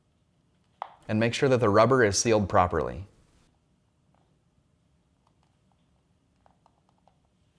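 A Samsung French door refrigerator's left door wiring plug is pushed into its mating cabinet harness connector at the hinge, and one sharp, short click at 0.8 s marks it seating. Someone then talks, followed by a few faint ticks near the end.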